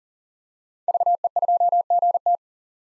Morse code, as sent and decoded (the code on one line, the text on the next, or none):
...- . ..--- --. -
VE2GT